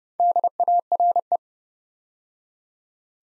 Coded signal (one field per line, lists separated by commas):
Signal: Morse code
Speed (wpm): 30 wpm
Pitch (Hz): 700 Hz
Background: none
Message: DARE